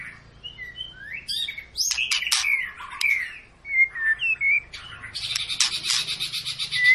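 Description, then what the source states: White-rumped shama singing clear slurred whistles and rattling notes, then a burst of harsh noisy chatter before a final whistled note. Long lure song of a white-rumped shama in full, continuous song, used to make other birds sing.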